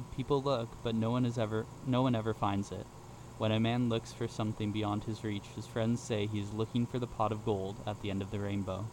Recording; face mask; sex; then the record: reading aloud; surgical mask; male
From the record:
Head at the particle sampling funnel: facing it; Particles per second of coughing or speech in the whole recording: 0.0224